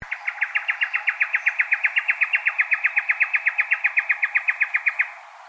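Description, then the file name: Lewin's honeyeater gives a long, fast, even series of many loud staccato notes, lasting around five seconds before stopping abruptly. "BIRD LEWINS HONEY EATER CALL"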